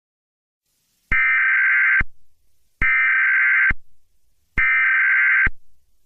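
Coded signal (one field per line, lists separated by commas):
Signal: Emergency Alert System (SAME) tones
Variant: header bursts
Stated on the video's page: Simulated, fictional EAS scenario.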